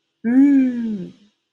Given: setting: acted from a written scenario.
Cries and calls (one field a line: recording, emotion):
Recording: vocal sound without words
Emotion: realization